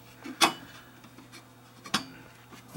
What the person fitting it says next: I hear it click